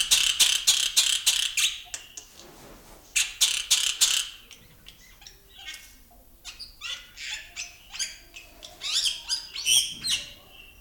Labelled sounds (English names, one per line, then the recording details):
Black-winged Starling
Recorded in captivity
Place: Zoo Berlin, Berlin, DE
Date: 1996-03-23 11:14
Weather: heiter, 4°C
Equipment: Sony WM-D6C, Sennheiser ME 80, Kopie Uher 4000 Report Monitor
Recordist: Tembrock, Günter